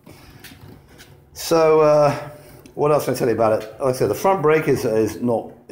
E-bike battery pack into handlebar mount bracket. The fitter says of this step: you can just drop it on there, press down, and you hear that click, and that's on.